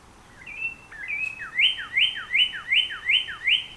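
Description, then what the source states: Northern Cardinal song: two slurred introductory whistles, then a quick series of six bright, repeated down-up slurred notes, loud and clear over faint background hiss. Recorded on 14 April 2018; the recording holds nine songs.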